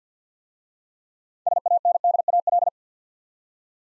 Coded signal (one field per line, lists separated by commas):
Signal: Morse code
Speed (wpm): 51 wpm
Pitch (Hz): 700 Hz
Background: none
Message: SANDAL